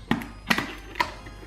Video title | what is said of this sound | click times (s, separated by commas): SHARK - SPARTAN GT CARBON - MOTORCYCLE HELMET | how it opens and locks this little catch here it locks in place that's | 0.1 s, 0.5 s